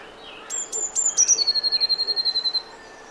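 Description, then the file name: Eurasian blue tit singing once: a few sharp high notes leading into a rapid even trill. "Cyanistes caeruleus"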